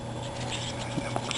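A part for an Ultimaker Original Plus 3D printer is held with the fingers and pushed down into its mount against a steady background hum. Sharp snaps at 1.2 s and 1.3 s mark it clicking down into place, fully seated.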